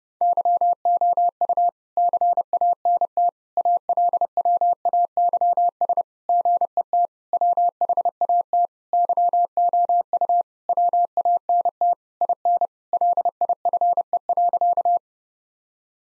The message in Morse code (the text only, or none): YOU CANT ALWAYS GET WHAT YOU WANT IN LIFE.